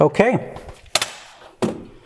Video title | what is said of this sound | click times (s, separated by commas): How to Change Your Oil - Acura NSX - (Detailed Guide) | we heard that click that verifies the torque has been met | 1.0 s